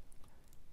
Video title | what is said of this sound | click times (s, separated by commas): Nextbase 622gw la dashcam connectée Amazon alexa. | hop là, avec un système d'aimant, ça vient se clipser, hop, directement | 0.1 s